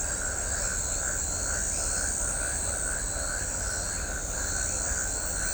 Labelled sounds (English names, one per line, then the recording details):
none
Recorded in shrubland near Pivijay, Magdalena, Colombia, on 4 June 2023 at 21:00
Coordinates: 10.453, -74.365
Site P5-G022